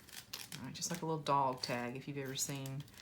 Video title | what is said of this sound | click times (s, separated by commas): Memory Box & Wallet Part 13 | You kind of have to hold it, and it pops into place. | 0.3 s